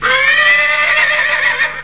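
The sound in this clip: Horse neighing, a loud, steady, harmonic-rich tone held for nearly two seconds before fading out.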